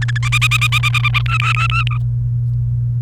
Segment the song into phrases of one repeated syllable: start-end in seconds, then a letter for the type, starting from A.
0.02-0.18 A, 0.23-1.19 B, 1.26-1.98 C